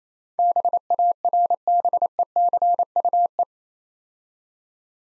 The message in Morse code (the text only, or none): BARBECUE